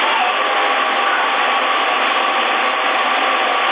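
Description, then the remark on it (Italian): A steady, unbroken whir of a small power supply cooling fan picked up by the microphone and heard over a CB radio transmission, thin and hissy, holding the same level throughout with no voices. “C'hai il ventilatore acceso, l'alimentatore? Beh, c'è la ventolina, sì.”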